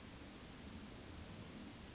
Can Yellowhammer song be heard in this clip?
no